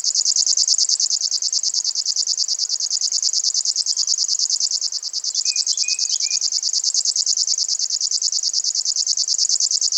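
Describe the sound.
River warbler song, a relentless cricket-like reel of quick pulses, dipping briefly midway, with soft chirps from another bird in the background.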